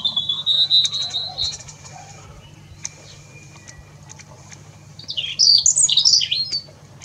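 Bird song: a thin steady whistle held for over a second, then scattered faint notes, ending in a burst of bright, tumbling high chirps over a low hum.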